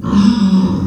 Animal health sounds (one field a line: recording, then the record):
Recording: squeal of a Yucatan mini pig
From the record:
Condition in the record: after surgery on the right vocal fold (resection and tissue-engineered implant)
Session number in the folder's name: 13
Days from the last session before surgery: 113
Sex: female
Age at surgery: 19 weeks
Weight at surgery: 25 kg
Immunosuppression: prednisolone